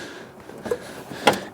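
An electrical wiring connector is pushed onto the back of the headlight unit of a Land Rover Freelander 2 after some struggling and fumbling. A single sharp, loud click is heard at 1.3 seconds as the connector seats and clips in.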